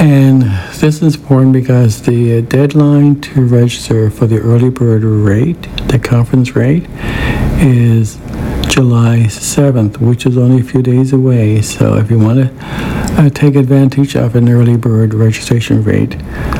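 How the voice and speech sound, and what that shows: An adult man who stutters speaks at a steady, fairly even pitch, mostly fluently but with stretched sounds at word starts and a held pause before "is July," like a brief block. These fit stuttering managed with fluency-shaping techniques such as gentle, prolonged onsets, using speech therapy targets learned at the Speech and Stuttering Institute in Toronto.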